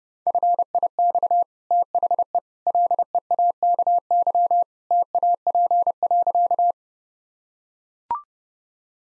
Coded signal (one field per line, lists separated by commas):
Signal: Morse code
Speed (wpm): 30 wpm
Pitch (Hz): 700 Hz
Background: none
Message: FIX THE LEAKY TAP.